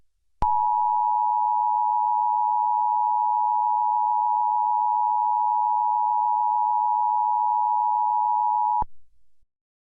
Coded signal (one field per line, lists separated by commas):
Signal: Emergency Alert System (SAME) tones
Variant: 853 and 960 Hz attention tone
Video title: USA tornado eas alarm + Voice reaval